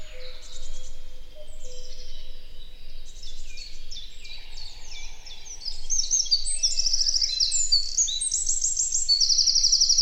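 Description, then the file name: Eurasian wren song, high and rapid, growing louder with fast trills in the later half. "Troglodytes troglodytes"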